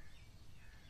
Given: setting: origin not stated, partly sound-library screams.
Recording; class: one-second piece from a danger detection set; normal situation